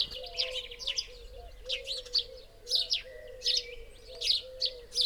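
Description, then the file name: House sparrow chirps, irregular sharp notes in small groups over a slightly noisy background with a low wavering hum. "Passer domesticus"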